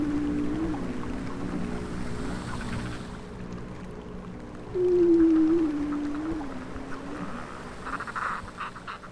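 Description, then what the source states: Bearded seal trill: long, low, wavering tones over several seconds, with crackling ice sounds toward the end. Recorded on a northern research trip in the marginal ice zone; crackling of compressed, melting ice also audible.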